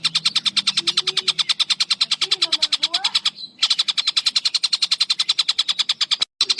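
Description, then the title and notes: Spiderhunter song: rapid, even chips repeated many times, one short break midway, faint low whistles in the background. Long, clear, vigorous (gacor) singing, used as a bird-tutoring (masteran) recording. "Pijantung Gunung Gacor Jernih Panjang. Masteran burung"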